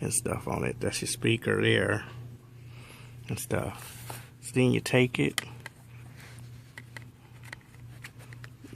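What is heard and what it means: Someone talks while the plastic battery back cover of a Samsung Galaxy S4 smartphone is picked up and moved into position before being lined up on the phone body. Light taps between about 5.7 and 8.4 seconds are handling noise, not the latch. The cover has not snapped into place yet.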